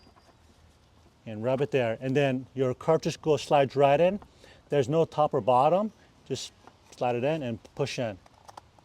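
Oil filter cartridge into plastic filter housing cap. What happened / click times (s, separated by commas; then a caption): The filter cartridge is being slid in but has not yet seated / none. A paper oil filter cartridge for a BMW 328 is handled for sliding into its plastic filter housing cap while someone talks. A few faint, brief taps are heard near the end, around 8.5 to 8.8 seconds. Nothing has seated or clicked yet.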